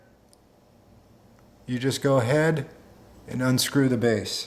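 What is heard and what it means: A vape tank's glass is pressed down onto the loosened base of a rebuildable atomizer, leaving a small gap, and it gives a sharp short click at 0.3 s as it seats into place. After a quiet stretch, someone talks about unscrewing the base for refilling.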